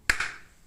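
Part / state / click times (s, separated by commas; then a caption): caster wheel onto its axle in the office chair caster / seated / 0.1 s. A caster wheel is set onto its axle in an office chair caster and pressed by hand. A sharp snap at 0.1 s is followed by a softer knock at about 0.2 s, and the wheel seats and locks onto the axle.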